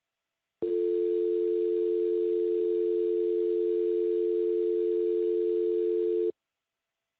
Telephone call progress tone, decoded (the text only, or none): dial tone